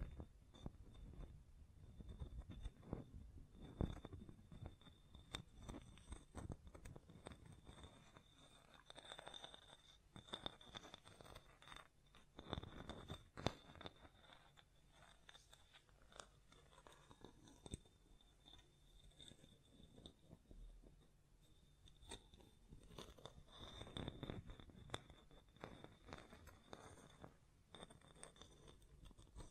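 Hand sounds on a microphone: irregular tapping, scratching and brushing strokes that come in dense, uneven bursts throughout. Sharp taps land around 3–4, 12–14 and 24 seconds, between softer rustling scrapes, over a faint steady high whine.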